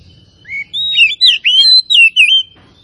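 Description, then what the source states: Oriental magpie-robin delivering a short, rich phrase of slurred whistles and twisting notes lasting about two seconds. Kacer from Tretes; described as gacor, singing continuously and vigorously.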